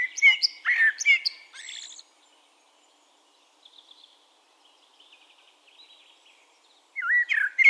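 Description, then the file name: Eurasian blackbird singing a warbled phrase of fluty notes ending in high twitters, then a quiet pause with faint high notes and a fresh phrase at the end. "Turdus merula"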